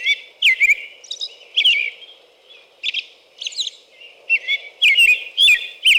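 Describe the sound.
American robin singing a run of short whistled caroling phrases.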